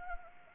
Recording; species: mosquito wingbeat signal from an infrared sensor; Anopheles arabiensis